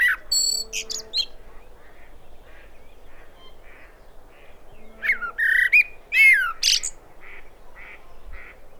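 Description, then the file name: Common blackbird song: a squeaky twittering phrase at the start, a pause with faint notes, then a richer fluty warble ending in high chatter. "Turdus merula"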